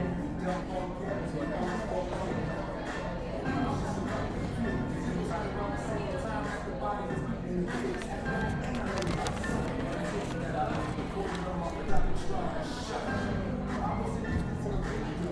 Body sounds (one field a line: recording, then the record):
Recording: background sound without coughing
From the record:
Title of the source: 60 minutes of coffee shop sounds for study and concentration